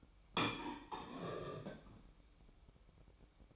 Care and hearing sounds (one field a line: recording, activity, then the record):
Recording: daily activity, microphone in the room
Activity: place plate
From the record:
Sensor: 1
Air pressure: 1007.6 hPa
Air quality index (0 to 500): 76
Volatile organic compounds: 1 ppm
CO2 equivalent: 665 ppm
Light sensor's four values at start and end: 8/18/7/8 and 8/18/7/8